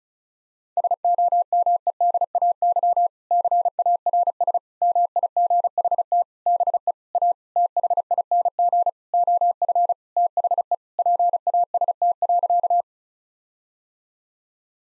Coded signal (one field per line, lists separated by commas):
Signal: Morse code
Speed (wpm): 34 wpm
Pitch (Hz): 700 Hz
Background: none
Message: SOMEDAY CARS MIGHT BE A THING OF THE PAST.